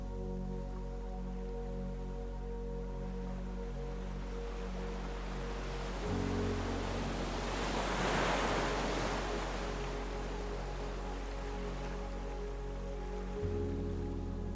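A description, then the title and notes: Soft, sustained low music chords shift at about six and thirteen seconds, while a gentle wave swells and hisses near eight seconds. Dive into Deep SLEEP with the Sound of WAVES and Soothing MUSIC. Immerse yourself in an idyllic sound journey where the natural and authentic sounds of waves blend with soft, relaxing music, creating a perfectly soothing environment.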